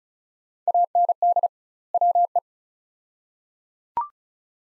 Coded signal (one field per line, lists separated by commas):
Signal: Morse code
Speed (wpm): 34 wpm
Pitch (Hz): 700 Hz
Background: none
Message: AND WE